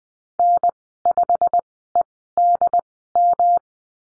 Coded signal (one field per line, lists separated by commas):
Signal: Morse code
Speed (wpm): 20 wpm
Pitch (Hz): 700 Hz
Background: none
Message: N5EDM